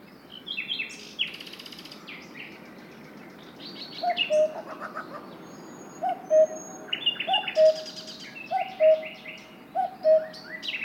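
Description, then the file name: Cuckoo giving falling two-note cu-coo calls from about midway, repeated steadily, amid a busy chorus of small birds chirping and trilling. "minutes of cuckoos"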